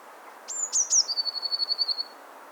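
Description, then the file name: Eurasian blue tit single phrase: two or three high piercing notes, then a fast, even, silvery trill lasting about a second. "Cyanistes caeruleus"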